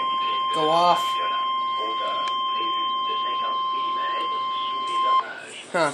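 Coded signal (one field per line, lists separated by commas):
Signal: Emergency Alert System (SAME) tones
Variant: 1050 Hz attention tone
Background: speech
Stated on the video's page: Severe Thunderstorm Warning received off NOAA Weather Radio.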